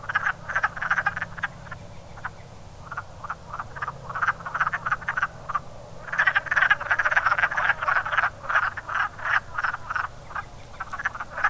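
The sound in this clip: Many wood frogs giving hoarse clacking croaks, the chorus thinning briefly then swelling into a busy, irregular rattle of calls.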